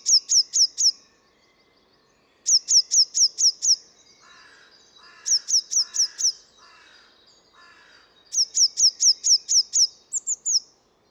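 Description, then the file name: Eurasian blue tit giving repeated bursts of three to seven high, quick notes, with lower, softer chattering notes in the middle. "Cyanistes caeruleus"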